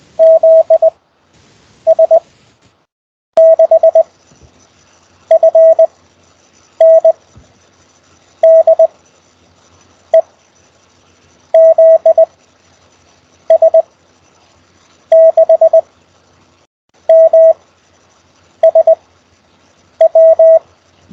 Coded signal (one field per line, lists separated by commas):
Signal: Morse code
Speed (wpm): 20 wpm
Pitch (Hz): 650 Hz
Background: none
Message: ZS6FN DE ZS6MSW